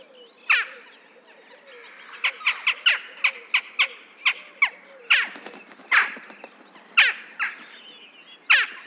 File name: Western Jackdaw - Coloeus monedula